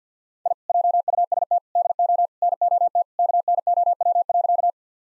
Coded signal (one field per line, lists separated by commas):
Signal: Morse code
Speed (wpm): 48 wpm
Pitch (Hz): 700 Hz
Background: none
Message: I JUST DO NOT KNOW.